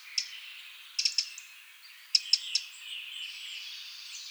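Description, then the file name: Eurasian wren giving sharp, dry clicking ticks singly or in quick bursts of three, separated by pauses, over a soft wash of birdsong. "Troglodytes troglodytes"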